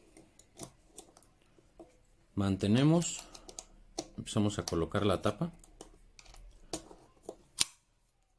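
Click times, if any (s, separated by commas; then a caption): 7.6 s. A floorplate is slid onto a Beretta Cheetah pistol magazine body after its spring is compressed, with scattered small taps and clicks as someone talks. The plate locks home with a sharp click at 7.6 s, leaving the magazine assembled.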